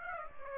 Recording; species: mosquito wingbeat signal from an infrared sensor; Aedes aegypti